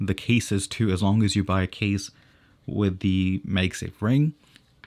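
Someone talks while a MagSafe-style magnetic car vent mount is handled against the back of an iPhone 12 Pro Max, likely in a case with a MagSafe ring. Two faint, brief ticks come near the end, at about 4.6 and 4.8 seconds. Nothing has snapped or seated yet.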